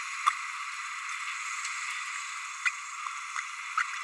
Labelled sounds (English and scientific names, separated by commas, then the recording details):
Green-rumped Parrotlet (Forpus passerinus) babbling
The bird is a female
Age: 29 days
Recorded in a nest box in Venezuela
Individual 17B32A7